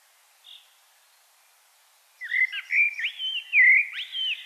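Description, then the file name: Common blackbird song: after a faint high note and a pause, a run of fluty, warbled notes slides up and down for about two seconds in a quiet background. "Turdus merula"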